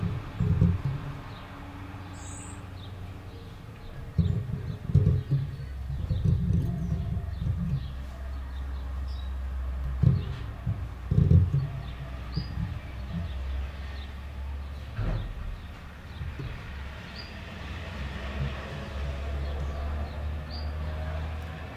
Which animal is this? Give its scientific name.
Phylloscopus collybita